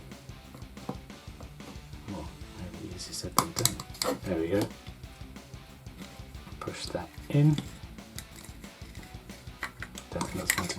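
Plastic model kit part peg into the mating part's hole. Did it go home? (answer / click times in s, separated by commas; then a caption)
yes / 10.5 s. A plastic part of a model robot kit is pushed so its peg goes into a hole in the mating part. Amid someone talking over background music and scattered small taps and handling noises, a sharp snap at 10.5 s marks the peg clicking into the hole, and the part is seated.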